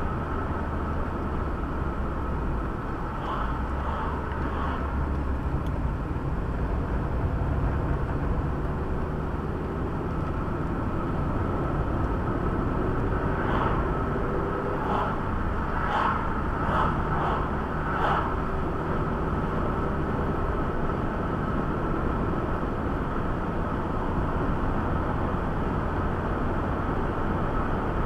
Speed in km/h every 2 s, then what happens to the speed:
56, 46, 38, 32, 26, 45, 55, 59, 57, 58, 64, 64, 66, 69.
0-9 slows to 26. 9-13 speeds up to 59. 17-28 speeds up to 69.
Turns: none.